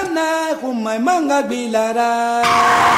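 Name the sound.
car tires skidding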